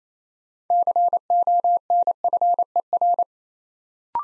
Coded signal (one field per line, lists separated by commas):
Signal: Morse code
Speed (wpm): 27 wpm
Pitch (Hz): 700 Hz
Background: none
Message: CONFER